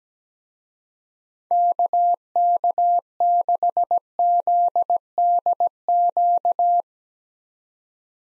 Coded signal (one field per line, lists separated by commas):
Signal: Morse code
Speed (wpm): 17 wpm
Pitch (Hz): 700 Hz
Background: none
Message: KK6ZDQ